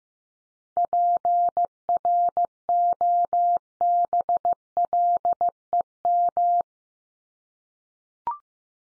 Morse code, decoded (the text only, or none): PROBLEM